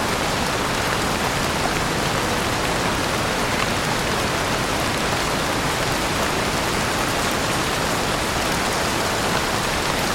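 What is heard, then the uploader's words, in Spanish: Gentle rain falls steadily on forest leaves, a dense, even patter that holds the same level from start to finish. Countless fine drops tick lightly across the canopy and ground, bright, with a soft low hush underneath and no distinct separate events. Lluvia Suave en el Bosque. Lluvia primaveral suave. El agua baila sobre las hojas, con un suave tintineo en el suelo del bosque. Escúchala caer constantemente sobre la tierra suave.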